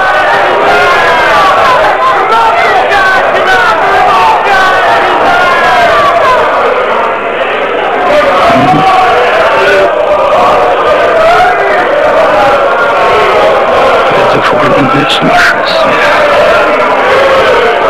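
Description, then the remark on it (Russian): A panicking crowd in Moscow shouts and yells continuously for the whole stretch, many overlapping voices forming a loud, dense roar with occasional sharper cries rising out of the din. “И, пожалуйста, перестаньте кричать.”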